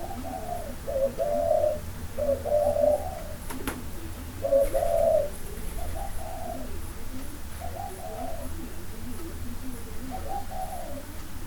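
Dove cooing in soft, hollow phrases of several notes, repeated with short pauses, over a steady low hum.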